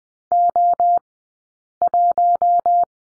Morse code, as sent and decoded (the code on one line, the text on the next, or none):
--- .----
O1